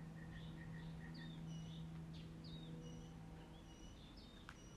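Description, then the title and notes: Birds singing softly, with paired chirps and scattered high whistled notes over low background noise and a steady hum. Birds singing in the morning. "birds 🐦 singing. Good Morning"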